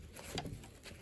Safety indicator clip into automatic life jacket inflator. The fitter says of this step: itt van négy kis pöcök aminek be kell kattannia